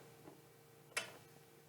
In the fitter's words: and now i'm just going to keep going until i hear my click